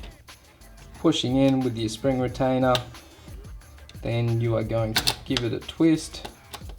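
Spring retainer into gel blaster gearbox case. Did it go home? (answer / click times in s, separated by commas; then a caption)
no / none. A spring retainer is pushed with a flat blade into the back of a gel blaster gearbox case, ready to be twisted so it locks in. Someone talks over background music, with a few faint taps around 3.6–3.9 seconds. Nothing has seated or clicked yet.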